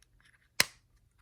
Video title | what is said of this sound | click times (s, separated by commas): Star Wars Black Series Din Djarin The Mandalorian and The Child Action Figure Review | it just clicks onto those 2 holes and snaps into place. | 0.6 s